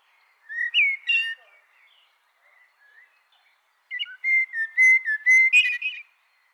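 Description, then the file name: Eurasian blackbird whistling a short mellow phrase, a few soft notes, then a longer run of clear fluty whistles finishing with high twittering. "Turdus merula"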